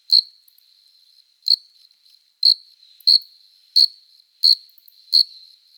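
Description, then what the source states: Cricket song: seven loud, high chirps in a row, each under a second apart, over a faint steady ringing tone. Singing cricket, recorded close up.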